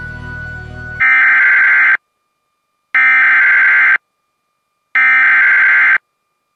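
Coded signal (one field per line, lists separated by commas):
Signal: Emergency Alert System (SAME) tones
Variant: header bursts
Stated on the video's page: Severe thunderstorm warning alert for Ohio.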